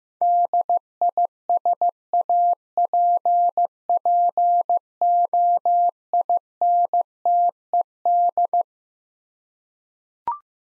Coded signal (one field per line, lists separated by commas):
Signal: Morse code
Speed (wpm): 15 wpm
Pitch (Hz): 700 Hz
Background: none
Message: DISAPPOINTED